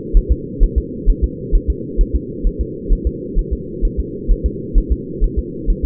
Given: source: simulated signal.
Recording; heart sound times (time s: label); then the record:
fetal heart sounds
0.17 s: S1
0.32 s: S2
0.63 s: S1
0.78 s: S2
1.10 s: S1
1.24 s: S2
1.55 s: S1
1.70 s: S2
2.01 s: S1
2.16 s: S2
2.47 s: S1
2.61 s: S2
2.92 s: S1
3.07 s: S2
3.39 s: S1
3.53 s: S2
3.85 s: S1
4.00 s: S2
4.31 s: S1
4.46 s: S2
4.78 s: S1
4.92 s: S2
5.24 s: S1
5.39 s: S2
5.70 s: S1
5.85 s: S2
From the record:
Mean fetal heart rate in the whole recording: 130 bpm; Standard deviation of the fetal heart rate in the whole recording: 2 bpm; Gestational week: 38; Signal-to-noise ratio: -4.1 dB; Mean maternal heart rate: no maternal heart sound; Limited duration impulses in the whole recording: absent